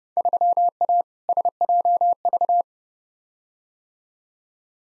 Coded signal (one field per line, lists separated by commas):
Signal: Morse code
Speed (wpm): 30 wpm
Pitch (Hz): 700 Hz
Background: none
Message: 3A SJV